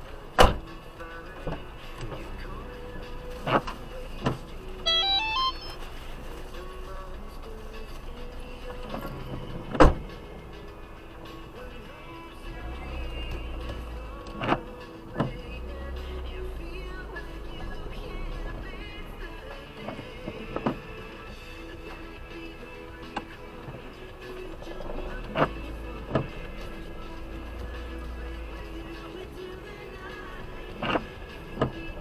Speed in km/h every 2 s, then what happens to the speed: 1, 0, 2, 1, 1, 0, 1, 0, 1, 1, 0, 0, 1, 0, 1, 1.
0-32 standing.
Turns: none.